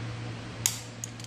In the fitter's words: there we go you heard the click okay so 17 ftlb spark plugs in it